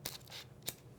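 A camera battery for a Fujifilm X-A1 is slid into the camera's battery compartment with its contacts matched to the arrows. The orange retaining tab snaps over it with a sharp click at 0.1 s, and another short tick follows at about 0.7 s. The battery is seated and latched in place.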